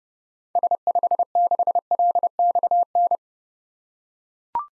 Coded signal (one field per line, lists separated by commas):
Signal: Morse code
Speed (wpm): 30 wpm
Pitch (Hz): 700 Hz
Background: none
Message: S56LXN